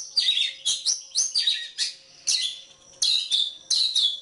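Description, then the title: Oriental magpie-robin singing a short run of bright, descending whistled notes mixed with harsh chattering, each burst lasting under half a second. Kacer poci form; national champion competition bird; chatty (gacor) singer using nembak (shooting) and ngerol (rolling) song styles; seven song types every three minutes. "Kacer Poci Gacor Nembak Dan Ngerol Juara Nasional. 7 macam suara kacer setiap 3 menit"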